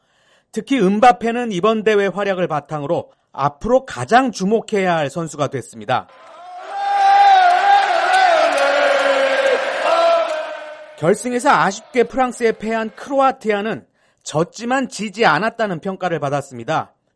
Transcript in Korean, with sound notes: 특히 음바페는 이번 대회 활약을 바탕으로, 앞으로 가장 주목해야 할 선수가 됐습니다.
[녹취: 축구장 관중 함성]
결승에서 아쉽게 프랑스에 패한 크로아티아는 ‘졌지만 지지 않았다’는 평가를 받았습니다.